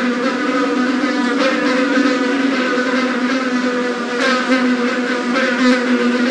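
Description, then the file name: Fly giving a continuous droning buzz, its low hum holding steady with small flutters in pitch and brief surges of loudness. "mosca"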